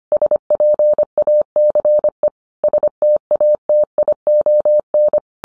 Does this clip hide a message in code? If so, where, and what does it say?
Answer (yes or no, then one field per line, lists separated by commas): yes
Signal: Morse code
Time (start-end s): 0.1-5.2 s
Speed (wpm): 25 wpm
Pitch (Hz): 600 Hz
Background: none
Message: SPACE STATION